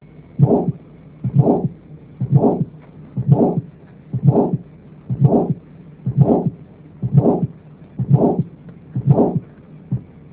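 Adult heart sounds heard through a stethoscope, a steady, regular beat at about 60 beats per minute.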